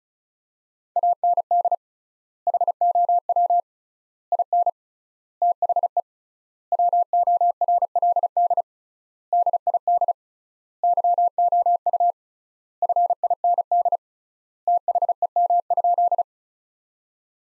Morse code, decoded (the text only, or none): AND HOW IN THE WORLD DID YOU FIND THEM?